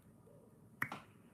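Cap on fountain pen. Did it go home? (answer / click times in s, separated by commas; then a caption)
released / 0.8 s. A cap is pulled off the back end of a fountain pen, releasing with a single sharp click at 0.8 s, followed by a softer burst just after. A low, quiet background hum runs throughout.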